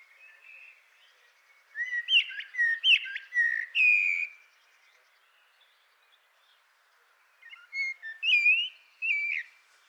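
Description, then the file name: Eurasian blackbird song with two phrases of rich warbled whistles and squeaky high notes, separated by a quiet pause of a few seconds. "Turdus merula"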